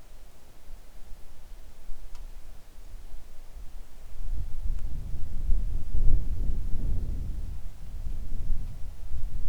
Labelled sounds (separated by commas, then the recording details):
wind, rain
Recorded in the Arctic National Wildlife Refuge, Alaska, on 3 August 2019 at 10:15
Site 41